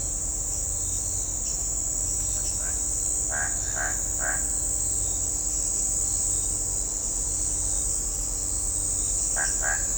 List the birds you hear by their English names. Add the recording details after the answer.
none. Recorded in shrubland near Pivijay, Magdalena, Colombia, on 1 June 2023 at 04:30. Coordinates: 10.453, -74.365. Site P5-G022